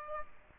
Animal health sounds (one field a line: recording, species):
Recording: mosquito wingbeat signal from an infrared sensor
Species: Aedes aegypti